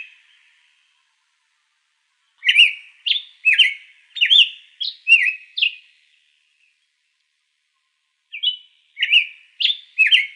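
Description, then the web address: Hepatic tanager song: a run of short, slurred whistled notes, then a pause and a second shorter phrase. Recorded in Arizona on 1 February 2006. "Tanagers AZFO HETA. deviche 060201"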